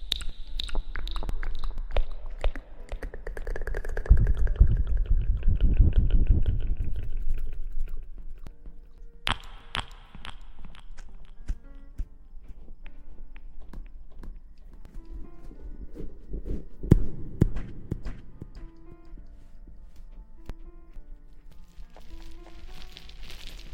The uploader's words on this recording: ASMR Mouth sounds & Ear blowing.